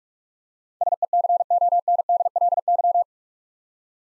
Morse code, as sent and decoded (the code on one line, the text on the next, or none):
... . -.-. --- -. -.. .-.. -.--
SECONDLY